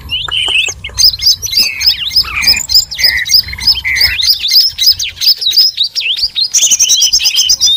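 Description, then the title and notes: Birds chirping in a dense, noisy chorus: many overlapping sharp tweets, whistled slurs and trills crowd together without pause, with a higher, faster twittering run near the end. Noisy birds, used as a lure to attract birds. "Master Burung Ribut Durasi Panjang. Burung Ribut Pikat"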